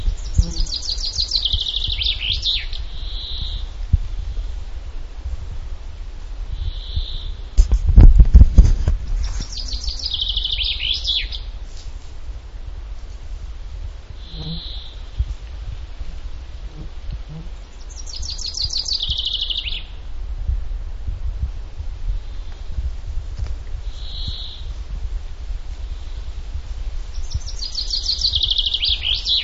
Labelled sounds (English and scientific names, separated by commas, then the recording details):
Common Chaffinch (Fringilla coelebs) song
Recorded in the wild
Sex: male
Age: adult
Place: Halbinsel Kindo, Karelien, RU
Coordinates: 66.5392, 33.0892
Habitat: pine stand
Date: 1995-06-21 11:27
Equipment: Sony TCD-D3, Sennheiser MKH 416 T, Popschutz
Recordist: Frommolt, Karl-Heinz